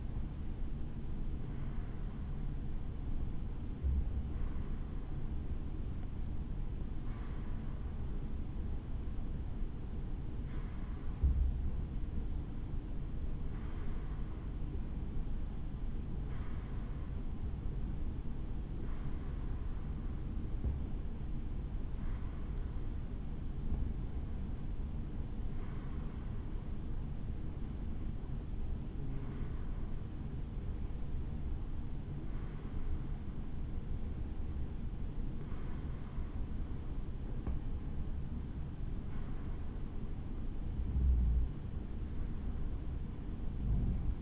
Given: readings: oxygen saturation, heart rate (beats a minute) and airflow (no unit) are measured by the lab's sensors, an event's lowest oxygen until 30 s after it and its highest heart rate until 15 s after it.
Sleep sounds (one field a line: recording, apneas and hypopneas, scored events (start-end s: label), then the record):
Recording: breathing in sleep by a smartphone at the bedside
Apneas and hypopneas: none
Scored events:
none scored
From the record:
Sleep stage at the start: N2 (light sleep)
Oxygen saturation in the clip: 92 to 94%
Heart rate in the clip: 64 to 69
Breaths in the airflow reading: 14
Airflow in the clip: -3.5 to 4.6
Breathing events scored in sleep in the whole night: 216 in 7.0 hours asleep